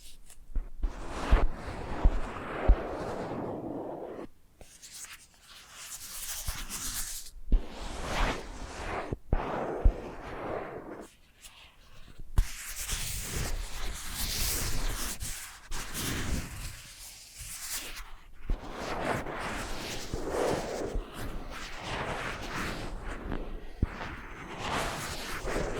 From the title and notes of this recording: ASMR Hypnotic First Person Triggers Ear Scratching, Face Brushing etc (No Talking).